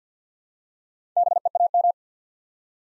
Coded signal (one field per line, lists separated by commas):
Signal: Morse code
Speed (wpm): 50 wpm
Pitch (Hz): 700 Hz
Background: none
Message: BEAM